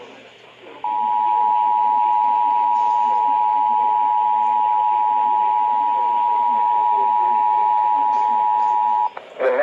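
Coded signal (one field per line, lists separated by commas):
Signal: Emergency Alert System (SAME) tones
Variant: 853 and 960 Hz attention tone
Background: speech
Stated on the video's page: Real EAS alerts.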